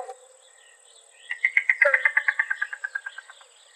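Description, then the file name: Yellow-billed cuckoo producing a rapid series of hollow clucks that falls in pitch and fades, preceded by a brief low note and another soft call midway. Recorded in Arizona. "YBCU 2 Deviche"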